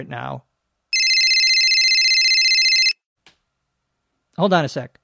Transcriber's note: cell phone ring